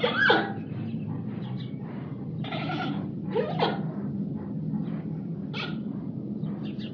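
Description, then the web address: Panda calls: a loud squealing bleat at the start, then a few shorter harsh bleats spaced a second or two apart over a low background rumble. Panda sitting in a zoo. "suoni di un panda suono emesso da un panda seduto allo zoo"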